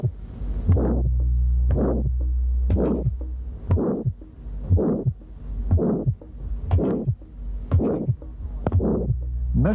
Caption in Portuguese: Na estenose aórtica congénita, o segundo som é geralmente normal. O sopro sistólico é áspero, em forma de losango, terminando antes de um segundo som normal. O que se ouve no segundo espaço intercostal direito.